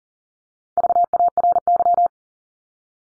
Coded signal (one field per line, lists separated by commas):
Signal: Morse code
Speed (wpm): 40 wpm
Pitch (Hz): 700 Hz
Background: none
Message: VARY